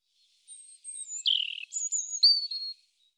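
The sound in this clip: European robin song: a thin high whistle, then a dropping trill and a few sweet warbled notes, all high-pitched and clean against a silent background.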